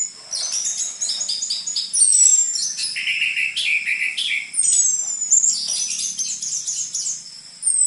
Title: PANCINGAN Anis Merah Gacor Materi Isian Rapat Cocok Untuk MASTERAN Anis Merah TROTOL